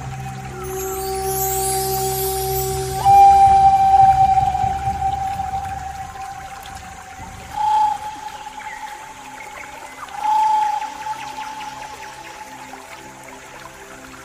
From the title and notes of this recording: Immerse yourself in the soothing embrace of natural water sounds combined with the enchanting melodies of the pan flute.